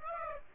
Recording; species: mosquito wingbeat signal from an infrared sensor; Aedes aegypti